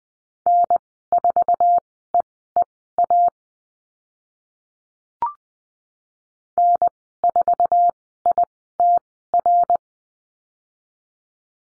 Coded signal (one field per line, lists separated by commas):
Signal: Morse code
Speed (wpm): 20 wpm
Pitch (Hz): 700 Hz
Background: none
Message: N4EEA N4ITR